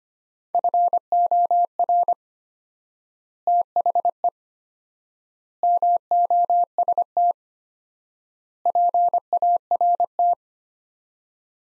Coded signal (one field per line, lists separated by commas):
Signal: Morse code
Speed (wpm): 25 wpm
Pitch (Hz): 700 Hz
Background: none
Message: FOR THE MOST PART